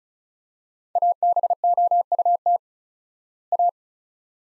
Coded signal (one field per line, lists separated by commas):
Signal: Morse code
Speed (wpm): 36 wpm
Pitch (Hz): 700 Hz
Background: none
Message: ABOUT A